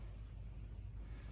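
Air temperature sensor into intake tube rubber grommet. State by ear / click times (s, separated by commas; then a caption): not seated / none. An intake air temperature sensor is pushed into the rubber grommet on a new Kong Performance carbon fiber intake tube on a GT500. Only a steady low rumble with broadband noise is heard, with no sharp transients. The sensor has not gone past the rubber seal and has not seated or clicked yet.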